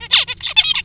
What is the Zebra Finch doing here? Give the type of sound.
song